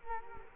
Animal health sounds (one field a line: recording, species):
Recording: mosquito wingbeat signal from an infrared sensor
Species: Culex quinquefasciatus